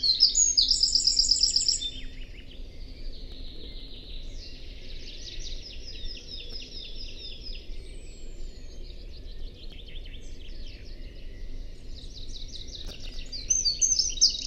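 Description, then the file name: Eurasian wren singing rapid high trills and twittering phrases, a loud burst at the start and again near the end, fainter warbling between, over a low background hum. "Troglodytes troglodytes"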